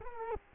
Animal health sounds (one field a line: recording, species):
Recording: mosquito wingbeat signal from an infrared sensor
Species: Culex quinquefasciatus